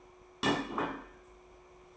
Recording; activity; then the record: daily activity, microphone in the room; place plate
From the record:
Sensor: 1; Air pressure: 1004.4 hPa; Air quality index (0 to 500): 197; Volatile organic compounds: 18 ppm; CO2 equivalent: 2611 ppm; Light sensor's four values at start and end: 4/9/3/3 and 4/9/3/3